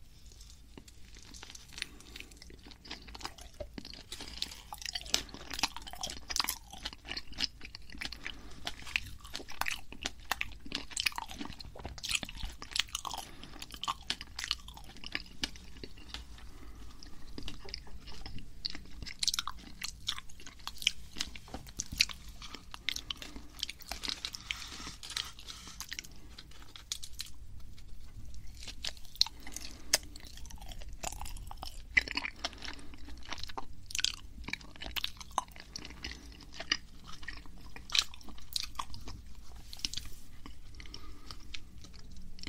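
Soft chewing of mochi with frequent moist clicks and sticky smacks, steady throughout, over a low hum.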